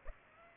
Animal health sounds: mosquito wingbeat signal from an infrared sensor; Aedes aegypti

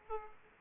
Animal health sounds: mosquito wingbeat signal from an infrared sensor; Aedes aegypti

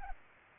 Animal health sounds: mosquito wingbeat signal from an infrared sensor; Culex pipiens

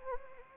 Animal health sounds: mosquito wingbeat signal from an infrared sensor; Anopheles arabiensis

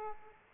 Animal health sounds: mosquito wingbeat signal from an infrared sensor; Aedes aegypti

